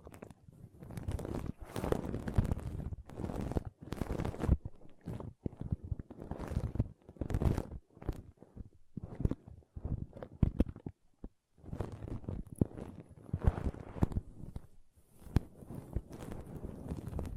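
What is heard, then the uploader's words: Pom poms are squished and rustled in a run of soft, crackly bursts that swell and fade every second or so. The scratchy texture is dense and mostly low and muffled, with brief silent gaps, the longest around the eleven-second mark. ASMR Ultimate Pom Pom Tingles (No Talking).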